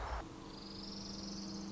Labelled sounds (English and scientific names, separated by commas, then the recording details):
Orange-crowned Warbler (Leiothlypis celata)
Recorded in Sonoma County, California